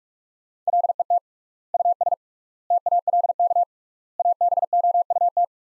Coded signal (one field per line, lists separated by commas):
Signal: Morse code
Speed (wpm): 46 wpm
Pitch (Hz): 700 Hz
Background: none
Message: LET US TALK ABOUT